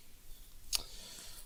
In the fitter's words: so i'll be trying to put the filter which clicks into place